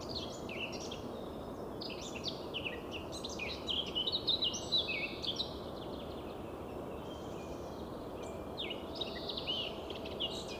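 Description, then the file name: Eurasian blackcap song: quick scratchy, warbling notes delivered in rapid bursts over a steady hiss of background noise. "Sylvia atricapilla"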